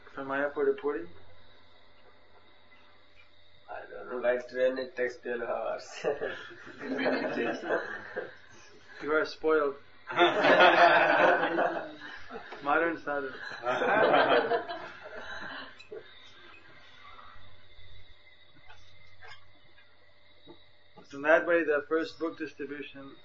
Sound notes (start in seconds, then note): 5.9 all laughing; 10.0 all laughing